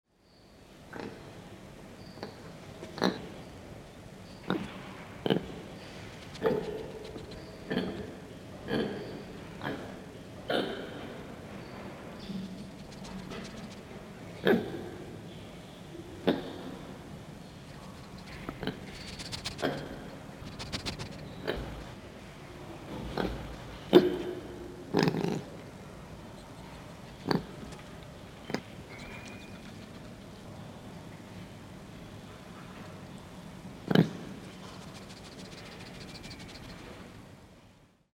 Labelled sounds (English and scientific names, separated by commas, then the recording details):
Brown Lemur (Eulemur fulvus)
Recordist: Tembrock, Günter
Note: Laute und Schnuppern